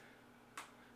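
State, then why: Seated. A ratchet buckle on an EDC gunbelt is advanced one notch along the belt's hidden ratchet track, which has 40 sizing positions a quarter inch apart. A single sharp, bright click is heard at 0.6 s against quiet background noise. The buckle clicks into its track position and is seated.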